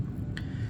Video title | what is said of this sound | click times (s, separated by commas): Build #1450 - P-40 Warhawk - Grabiec | So, what you want to do is back the crown off the threads until you hear it and feel it clicking. | 0.4 s